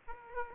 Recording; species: mosquito wingbeat signal from an infrared sensor; Aedes aegypti